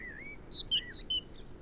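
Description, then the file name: Great tit singing two crisp high-low note pairs after a soft slurred whistle, over a quiet hiss. "Parus major"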